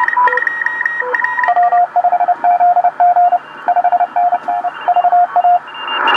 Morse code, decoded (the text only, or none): W5ZG 5NN VA